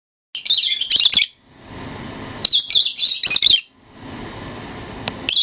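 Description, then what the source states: Bird song delivered in loud, high, scratchy chattering bursts about a second long, repeated with pauses of one to two seconds between them. Masteran (training) recording.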